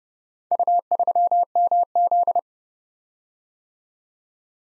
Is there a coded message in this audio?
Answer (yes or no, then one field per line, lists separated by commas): yes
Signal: Morse code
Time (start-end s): 0.5-2.4 s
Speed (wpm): 31 wpm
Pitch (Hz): 700 Hz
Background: none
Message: U3MZ